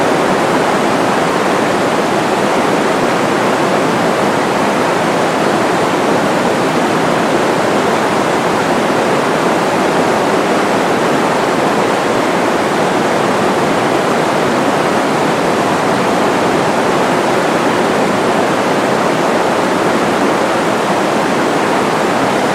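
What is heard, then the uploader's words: A mountain river rushes past, a dense, steady roar of churning water that holds the same level for the whole stretch. The sound is full and hissing, strongest in the middle and upper range, with no distinct splashes or other sounds. Relaxing Nature Sounds Mountain River.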